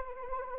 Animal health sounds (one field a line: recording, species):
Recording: mosquito wingbeat signal from an infrared sensor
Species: Anopheles arabiensis